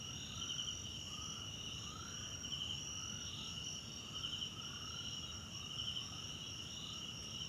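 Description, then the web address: High continuous cricket trilling with pulsing brighter phrases, accompanied by lower upward-sweeping chirps repeated regularly and a faint low rumble. South African crickets in the background at night in a wetland park at Kosi Forest Lodge, South Africa. "Tonschliff - SOUTH AFRICAN CRICKETS BG South Africa Wetland Park Kosi Forest Lodge Night"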